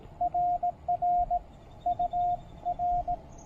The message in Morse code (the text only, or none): RR UR